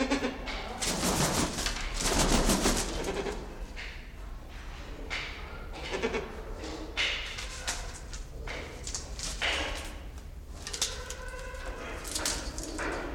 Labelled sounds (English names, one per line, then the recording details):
Choco Toucan
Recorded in captivity
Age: adult
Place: Zoo Berlin, Berlin, DE
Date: 1992-12-05
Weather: schwach sonnig, ca. 4°C
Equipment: Marantz CP 430, Sennheiser ME 80, Kopie Tesla B 116
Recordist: Tembrock, Günter